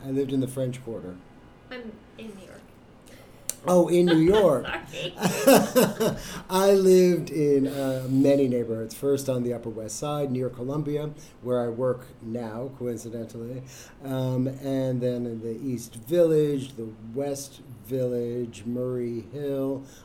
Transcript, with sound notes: I lived in the French Quarter.
I mean in New York.
Oh, in New York. [both laugh] I lived in many neighborhoods. First on the Upper West Side near Columbia, where I work now, coincidentally, and then in the East Village, the West Village, Murray Hill.